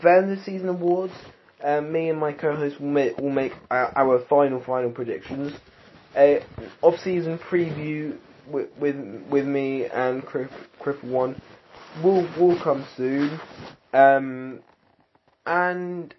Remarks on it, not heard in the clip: Thank you for withstanding my stuttering and my current pauses.